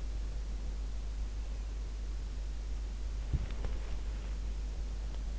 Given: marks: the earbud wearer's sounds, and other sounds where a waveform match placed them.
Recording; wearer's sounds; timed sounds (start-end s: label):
sounds in sleep by an in-ear microphone; body movement
2.95-4.79 s: body movement